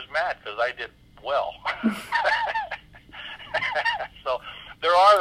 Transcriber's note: laughs